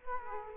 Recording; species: mosquito wingbeat signal from an infrared sensor; Culex quinquefasciatus